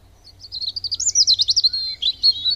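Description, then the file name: European robin singing one high, tumbling phrase of quick trills and thin whistles that rise and fall rapidly, with a faint low hum underneath. "Erithacus rubecula"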